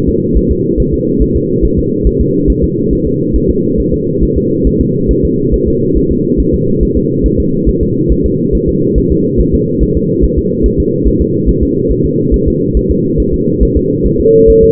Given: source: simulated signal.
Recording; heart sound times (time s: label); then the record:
fetal heart sounds
0.09 s: S2
0.37 s: S1
0.51 s: S2
0.80 s: S1
0.94 s: S2
1.22 s: S1
1.36 s: S2
1.65 s: S1
1.79 s: S2
2.07 s: S1
2.21 s: S2
2.50 s: S1
2.64 s: S2
2.93 s: S1
3.07 s: S2
3.36 s: S1
3.50 s: S2
3.80 s: S1
3.94 s: S2
4.23 s: S1
4.37 s: S2
4.67 s: S1
4.81 s: S2
5.11 s: S1
5.25 s: S2
5.54 s: S1
5.68 s: S2
5.97 s: S1
6.11 s: S2
6.40 s: S1
6.54 s: S2
6.83 s: S1
6.97 s: S2
7.26 s: S1
7.40 s: S2
7.69 s: S1
7.83 s: S2
8.12 s: S1
8.26 s: S2
8.55 s: S1
8.69 s: S2
8.98 s: S1
9.12 s: S2
9.40 s: S1
9.54 s: S2
9.83 s: S1
9.97 s: S2
10.24 s: S1
10.38 s: S2
10.66 s: S1
10.80 s: S2
11.07 s: S1
11.22 s: S2
11.49 s: S1
11.63 s: S2
11.91 s: S1
12.05 s: S2
12.34 s: S1
12.48 s: S2
12.77 s: S1
12.91 s: S2
13.20 s: S1
13.34 s: S2
13.63 s: S1
13.77 s: S2
14.06 s: S1
14.20 s: S2
14.50 s: S1
14.64 s: S2
From the record:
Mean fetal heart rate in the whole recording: 140 bpm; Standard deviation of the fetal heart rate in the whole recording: 2 bpm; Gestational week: 34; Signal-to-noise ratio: -11.2 dB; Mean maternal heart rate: 72 bpm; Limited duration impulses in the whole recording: present